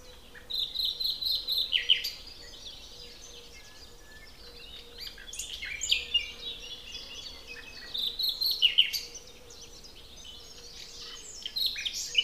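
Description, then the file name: Common nightingale song: several bursts of varied whistled and trilled phrases, separated by quieter song, over a steady low hum. "Luscinia megarhynchos"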